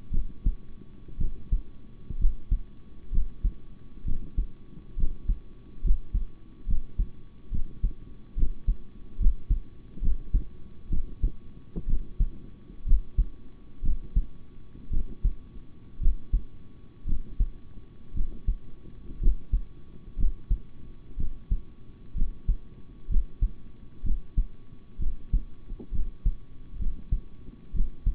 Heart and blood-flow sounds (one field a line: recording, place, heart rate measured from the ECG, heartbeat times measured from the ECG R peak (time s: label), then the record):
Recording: heart sounds by stethoscope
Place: between the tricuspid and mitral areas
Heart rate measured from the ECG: 63 bpm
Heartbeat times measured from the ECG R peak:
0.11 s: heartbeat
1.18 s: heartbeat
2.18 s: heartbeat
3.11 s: heartbeat
4.05 s: heartbeat
4.97 s: heartbeat
5.83 s: heartbeat
6.67 s: heartbeat
7.51 s: heartbeat
8.36 s: heartbeat
9.19 s: heartbeat
10.01 s: heartbeat
10.90 s: heartbeat
11.87 s: heartbeat
12.85 s: heartbeat
13.82 s: heartbeat
14.90 s: heartbeat
16.00 s: heartbeat
17.06 s: heartbeat
18.14 s: heartbeat
19.20 s: heartbeat
20.17 s: heartbeat
21.17 s: heartbeat
22.14 s: heartbeat
23.08 s: heartbeat
24.03 s: heartbeat
24.99 s: heartbeat
25.91 s: heartbeat
26.78 s: heartbeat
27.73 s: heartbeat
From the record:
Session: rest, sitting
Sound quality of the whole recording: good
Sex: male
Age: 26 years